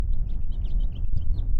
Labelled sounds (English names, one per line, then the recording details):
House Finch song
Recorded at Lawrence on Long Island, New York, on 4 June 1975
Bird C